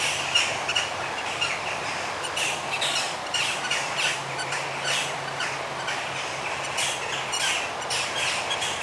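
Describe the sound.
Many birds twittering together in short high bursts, with a faint low hum and steady hiss underneath.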